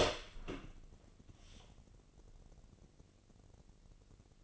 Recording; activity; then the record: daily activity, microphone in the room; open door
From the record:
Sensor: 4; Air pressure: 1013.2 hPa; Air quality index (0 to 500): 176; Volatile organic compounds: 2 ppm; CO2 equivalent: 1110 ppm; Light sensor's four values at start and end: 73/178/75/76 and 93/232/96/103